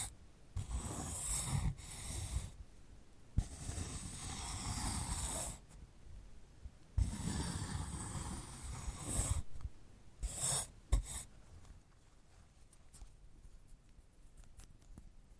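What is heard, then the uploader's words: Rough, dry scratching and rubbing on a sunflower head comes in long rasping strokes, each lasting two or three seconds, with brief pauses between them. Some sharp clicks punctuate the strokes, and after about eleven seconds the sound fades to faint, sparse rustling. ASMR of a Sunflower Head (No Talking).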